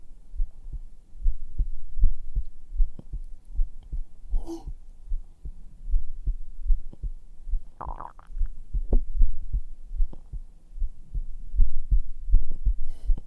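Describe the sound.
A human heartbeat, recorded against bare skin with a black 3Dio binaural microphone, thumps steadily throughout, deep, muffled double beats in a regular rhythm, with a couple of brief gurgling body sounds and a single soft spoken syllable.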